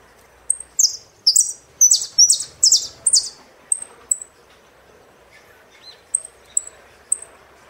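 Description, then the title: Saffron finch delivering about six rapid buzzy high phrases in a row, then pausing before a few sharp thin chips near the end. "Jilguero Argentino"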